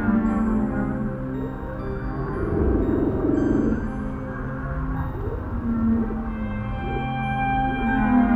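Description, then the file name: Whale song: low sustained moans and wavering tones blended with a rough, churning rumble, with a few higher squeaky notes near the end. "whales sample"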